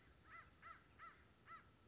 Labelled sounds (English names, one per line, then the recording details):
American Crow
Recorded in Sonoma County, California